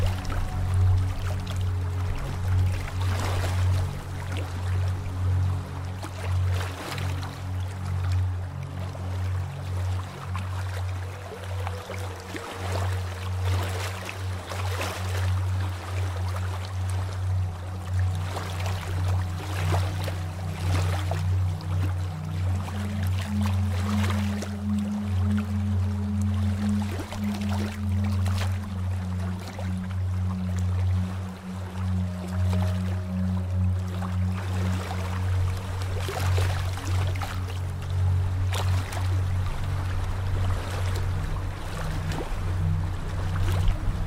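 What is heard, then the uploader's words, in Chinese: Flowing water runs steadily under a strong, constant low hum, with a few fainter drawn-out tones rising and shifting in the middle, around 20 to 35 seconds. Brief clicks and splashes break through at irregular moments, while the overall loudness stays even throughout. 流水聲。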